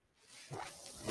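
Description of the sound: A soft, airy hiss swells over about a second and grows louder toward the end, like one machine-delivered breath of air. It is the background sound of a mechanical ventilator pushing air during a breath cycle.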